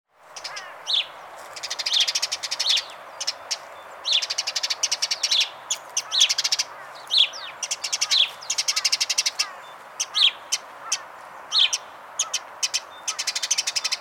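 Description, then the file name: House sparrow chirps: loud, dense bursts of harsh repeated cheeps in quick clusters throughout. "Passer domesticus"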